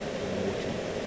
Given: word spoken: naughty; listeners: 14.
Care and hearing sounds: one English word in noise, from a listening test; speech-shaped noise; -4.9 dB; 0 of 14; 6 of 14; 0.67 s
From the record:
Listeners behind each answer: 6, 3, 1, 1, 1, 1, 1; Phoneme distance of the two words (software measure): 20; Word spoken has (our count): 2 syllables, 4 phonemes, stress on syllable 1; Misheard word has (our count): 2 syllables, 4 phonemes, stress on syllable 1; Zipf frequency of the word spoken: 4.24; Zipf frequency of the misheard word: 5.53

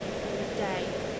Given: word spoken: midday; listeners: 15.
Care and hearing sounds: one English word in noise, from a listening test; speech-shaped noise; -5.2 dB; 1 of 15; 11 of 15; 0.80 s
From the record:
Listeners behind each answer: 11, 1, 1, 1, 1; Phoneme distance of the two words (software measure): 21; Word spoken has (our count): 2 syllables, 5 phonemes, stress on syllable 2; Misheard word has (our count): 1 syllable, 2 phonemes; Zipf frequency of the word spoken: 3.64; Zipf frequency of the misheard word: 5.99

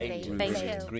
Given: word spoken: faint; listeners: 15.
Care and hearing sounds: one English word in noise, from a listening test; four-talker babble; -2.2 dB; 0 of 15; 8 of 15; 0.60 s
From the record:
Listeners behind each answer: 8, 3, 2, 1, 1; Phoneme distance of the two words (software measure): 17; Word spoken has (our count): 1 syllable, 4 phonemes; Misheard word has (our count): 1 syllable, 3 phonemes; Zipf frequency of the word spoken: 3.75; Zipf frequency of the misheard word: 3.70

